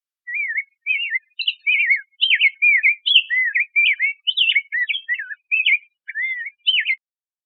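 Rose-breasted grosbeak song: a long run of many short, rich warbled notes, rising and falling quickly for about seven seconds, with no other sounds.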